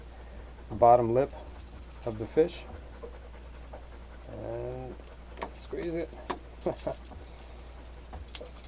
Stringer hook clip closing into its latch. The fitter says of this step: there you go and once that locks into place in ain't going nowhere